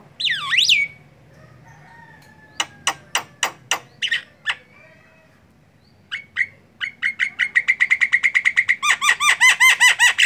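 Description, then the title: Javan myna song opening with a swooping whistle, then sharp clicking notes and a fast run of repeated chattering notes toward the end. Javan myna singing, described with the local term ngoceh. "Jalak Kebo Ngoceh"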